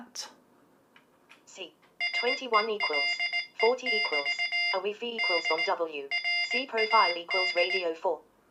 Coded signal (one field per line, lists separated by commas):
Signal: Morse code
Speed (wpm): 18 wpm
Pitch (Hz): 2100 Hz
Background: speech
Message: SELE<BT> D RAD